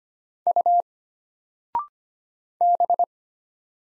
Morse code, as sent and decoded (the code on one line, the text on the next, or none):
..- / -...
U B